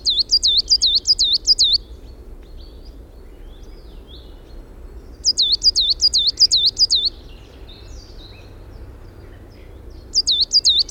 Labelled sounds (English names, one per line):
Coal Tit song